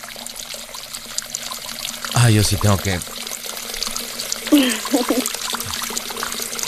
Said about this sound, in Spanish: Yo sí estoy abriendo, espérame, estoy abriendo el agua. ¿Qué estoy escuchando?